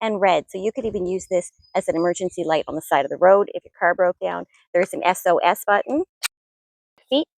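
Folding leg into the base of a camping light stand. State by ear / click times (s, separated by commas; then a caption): not seated / none. Someone talks throughout while handling a BougeRV T1 camping light, with a brief sharp sound near 6.3 s and a short faint transient at 7.0 s. The folding leg is being pulled down into the base of the camping light stand, but nothing has seated or clicked yet.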